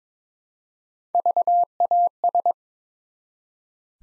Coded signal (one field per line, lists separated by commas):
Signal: Morse code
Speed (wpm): 22 wpm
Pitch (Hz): 700 Hz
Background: none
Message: VAS